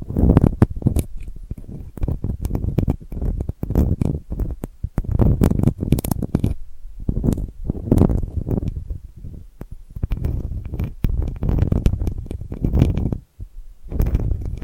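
Delicate scratching runs almost continuously in dense, irregular strokes, mostly low and rough with sharper bright ticks, pausing briefly near seven and thirteen seconds.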